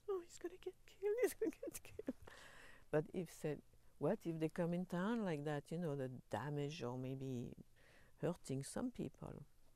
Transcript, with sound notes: "Oh, he's going to get killed. He's going to get killed." [chuckles] But he said, "What? If they come in town like that, you know, the damage or maybe hurting some people."